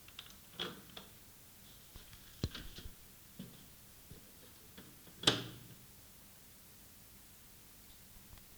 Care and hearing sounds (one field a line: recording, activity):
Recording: daily activity, guitar pickup as the sensor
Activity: use microwave